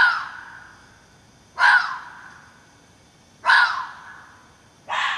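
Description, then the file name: Fox barks: three harsh, hoarse calls about one and a half to two seconds apart, after the fading tail of an earlier one, the last cut short. "renards"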